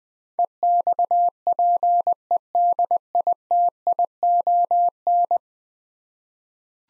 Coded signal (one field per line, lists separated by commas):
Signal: Morse code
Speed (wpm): 20 wpm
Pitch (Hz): 700 Hz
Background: none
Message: EXPEDITION